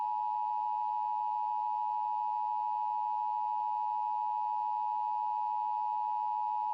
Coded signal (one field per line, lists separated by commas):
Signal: Emergency Alert System (SAME) tones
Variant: 853 and 960 Hz attention tone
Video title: EAS warning thunderstorm